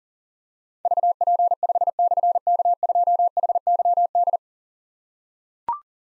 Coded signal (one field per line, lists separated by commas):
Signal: Morse code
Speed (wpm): 40 wpm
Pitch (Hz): 700 Hz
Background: none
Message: VP5/K2HYD